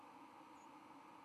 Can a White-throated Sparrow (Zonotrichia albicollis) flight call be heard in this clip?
no